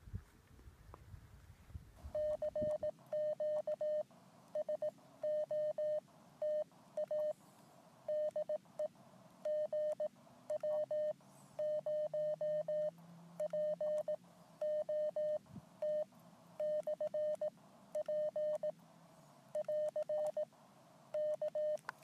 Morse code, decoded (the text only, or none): CQ SOTA DE GW0POT/P <AR> K